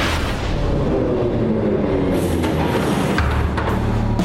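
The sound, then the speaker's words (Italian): A subway train rolls along with a steady, loud low roar, its rumble joined by faint rattles and a few brief metallic clanks and hums, with no voices. “Finché un giorno, in metropolitana, il suo destino è seduto di fianco a lei.”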